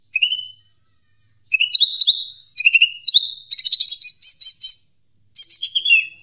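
Leafbird singing a varied string of short whistled slurs stepping upward, then a rapid buzzy trill and a final descending whistle.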